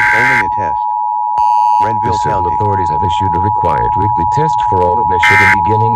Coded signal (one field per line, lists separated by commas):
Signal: Emergency Alert System (SAME) tones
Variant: 853 and 960 Hz attention tone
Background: speech